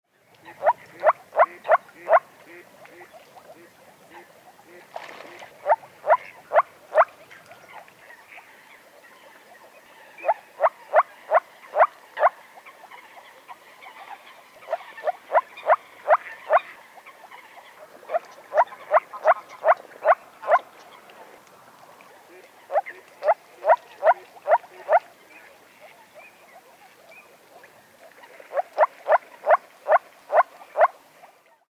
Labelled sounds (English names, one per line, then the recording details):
Moor Frog
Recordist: Frommolt, Karl-Heinz
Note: Männchen: Paarungsrufe Entfernter weitere Tiere Im Hintergrund: Blessralle, Reiherente, Tafelente, Schnatterente, Stockente, Krickente, Knäkente, Graugans